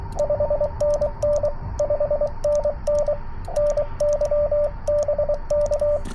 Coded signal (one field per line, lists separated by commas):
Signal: Morse code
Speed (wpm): 24 wpm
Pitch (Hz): 590 Hz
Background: radio noise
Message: 5NN 5NN NY BK